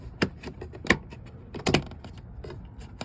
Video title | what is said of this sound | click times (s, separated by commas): FREEMOTOR802 2018+ Toyota Camry Side Skirt TRD Style Gloss Black Rocker Panel Splitter | you'll hear click noise and I'll be | 0.9 s